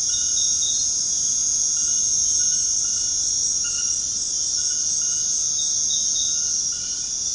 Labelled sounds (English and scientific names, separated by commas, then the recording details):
none
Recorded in secondary vegetation near Puerto Asís, Putumayo, Colombia, on 21 February 2024 at 22:00
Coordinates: 0.472, -76.331
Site G6371